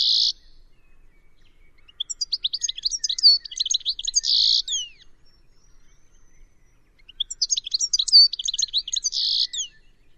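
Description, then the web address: Bird song: a short buzzy note, then two phrases of rapid high twittering and chattering, each ending in a harsh buzz, separated by a few seconds of quiet. "cianscape birddata Deverinetal 2025 Bird Only Ca Ca Ca Ca"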